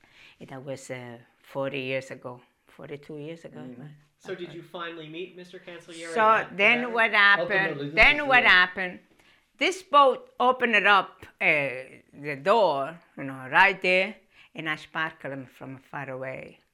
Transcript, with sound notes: That was forty years ago, forty-two years ago.
So did you finally meet Mr. Cancellieri?
So then what happened, ( raising her voice ) then what happened, this boat opened up the door, and right there, and I spotted him from far away.